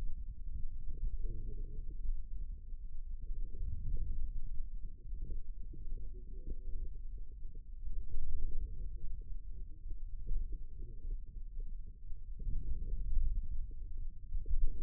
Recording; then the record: forearm muscle sounds (acoustic myography)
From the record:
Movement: wrist extension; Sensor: system 2, bracelet of six BSWA MPA416 microphones around the upper forearm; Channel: 4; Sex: male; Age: 22 years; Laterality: right